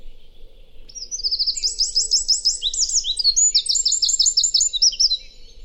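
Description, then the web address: Bird song of high, fast trilled phrases, rattling series repeated in overlapping runs, with quieter faint chirps before and a soft low background hum. "cianscape birddata Deverinetal 2025. Bird Only"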